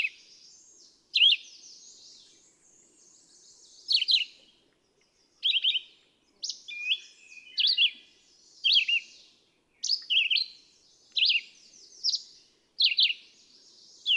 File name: Red-eyed Vireo